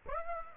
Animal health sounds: mosquito wingbeat signal from an infrared sensor; Aedes aegypti

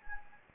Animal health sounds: mosquito wingbeat signal from an infrared sensor; Anopheles gambiae

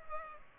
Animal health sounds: mosquito wingbeat signal from an infrared sensor; Culex pipiens

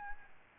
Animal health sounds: mosquito wingbeat signal from an infrared sensor; Aedes albopictus

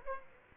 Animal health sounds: mosquito wingbeat signal from an infrared sensor; Aedes aegypti

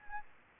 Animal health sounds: mosquito wingbeat signal from an infrared sensor; Anopheles arabiensis

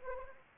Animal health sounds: mosquito wingbeat signal from an infrared sensor; Anopheles arabiensis

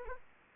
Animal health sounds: mosquito wingbeat signal from an infrared sensor; Anopheles arabiensis

